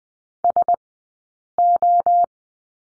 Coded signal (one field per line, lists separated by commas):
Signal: Morse code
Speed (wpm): 19 wpm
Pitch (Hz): 700 Hz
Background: none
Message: S O